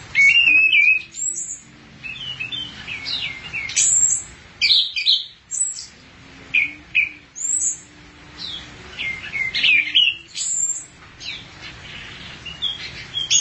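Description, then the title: Thrush pouring out varied high chirps, trills and whistles in quick succession. "burung anis x"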